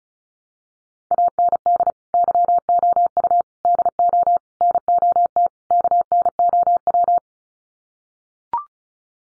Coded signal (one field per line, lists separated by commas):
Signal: Morse code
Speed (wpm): 34 wpm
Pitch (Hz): 700 Hz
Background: none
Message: AND YOU DO NOT KNOW